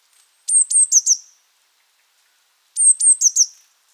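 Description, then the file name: Eurasian blue tit with two brief phrases of four sharp, very high notes, each note dropping slightly in pitch, separated by over a second of silence. "Cyanistes caeruleus"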